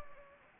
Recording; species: mosquito wingbeat signal from an infrared sensor; Anopheles gambiae